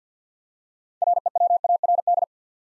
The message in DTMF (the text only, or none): none